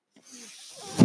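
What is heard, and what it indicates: Soft airy hiss with faint low tones rising into a louder puff: a home mechanical ventilator delivering a breath.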